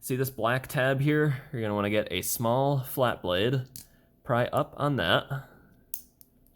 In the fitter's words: just like this both sides you'll hear it click then this is one of the ones we don't need